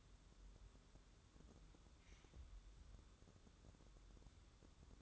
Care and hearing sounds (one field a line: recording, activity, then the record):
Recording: daily activity, microphone in the room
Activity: wipe stove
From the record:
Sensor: 3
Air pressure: 1015.1 hPa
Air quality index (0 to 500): 74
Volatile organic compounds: 2 ppm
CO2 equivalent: 1002 ppm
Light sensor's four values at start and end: 15/39/15/16 and 15/39/15/16